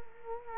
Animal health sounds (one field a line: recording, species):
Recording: mosquito wingbeat signal from an infrared sensor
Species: Culex quinquefasciatus